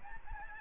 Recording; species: mosquito wingbeat signal from an infrared sensor; Aedes albopictus